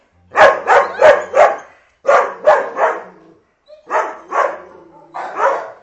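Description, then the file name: Dog barking in sharp bursts, a quick run of four barks, a pause, three more, then a few further barks after a short silence. Ten dogs barking. "10 Hunde Bellen"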